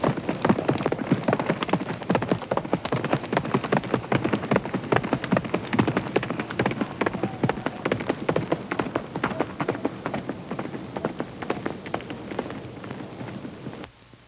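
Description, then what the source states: Horse galloping, fast dense hoofbeats throughout, stopping abruptly at the end. Breathing hard and galloping.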